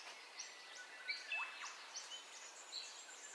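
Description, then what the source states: Birds calling at dawn: quick high chirps, short whistles and a few sharp swooping notes, overlapping. Dawn ambience of bird calls, recorded in stereo.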